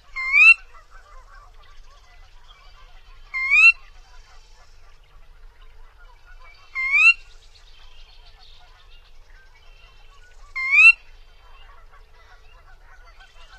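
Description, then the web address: Sora giving a clear rising whistled call, repeated four times every few seconds, with faint soft background sounds between. "Songs of Birds of North America. Sora"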